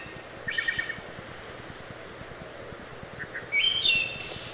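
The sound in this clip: Wood thrush song: a high airy trill, a rolling fluted phrase, then soft paired notes leading into a bright whistled phrase with a thin high ending.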